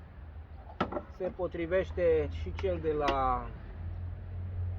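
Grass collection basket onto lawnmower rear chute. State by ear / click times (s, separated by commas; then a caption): seated / 0.8 s. A plastic grass-collection basket from a Makita mower is fitted onto the rear chute of a Steinhaus PRO-GLM503 lawnmower, landing with a sharp knock at 0.8 s. Someone then talks over a low background hum. The basket fits and is seated on the mower.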